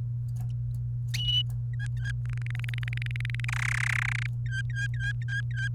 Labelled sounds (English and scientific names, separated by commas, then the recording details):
Domestic Canary (Serinus canaria) song
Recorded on 29 April 2018 at 17:46
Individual llb3